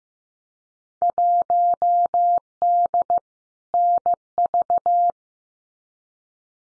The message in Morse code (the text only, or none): 1D NV